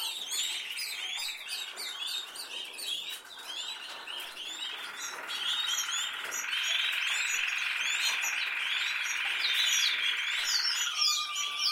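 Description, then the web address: Canary song of long rolling trills mixed with many sharp chirps. "Canari Seda Canari"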